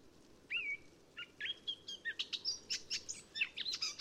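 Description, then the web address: Eurasian blackcap song, beginning with a clear drawn-out whistle and then a string of varied sharp warbled notes against steady background hiss. "SETE data Sylvia atricapilla"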